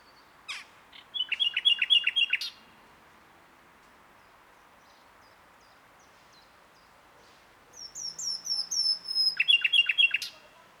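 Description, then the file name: Common nightingale song: two loud phrases of rapid repeated chirps, with a quiet pause of several seconds between them, plus a thin high whistled series. "Luscinia megarhynchos"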